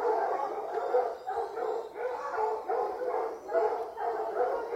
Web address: Sound Effects-BBC Dog Hunting Hound BBC. hunt kennels general atmosphere at feeding time feed bin banged at top of track